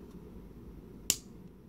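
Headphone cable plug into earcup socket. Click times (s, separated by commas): 1.1 s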